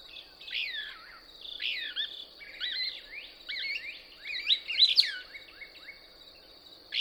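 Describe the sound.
Couch's Kingbird song: rapid buzzy twittering notes in clusters that grow into a loud, squeaky rising-and-falling flourish, then a last sharp note, over a continuous high drone.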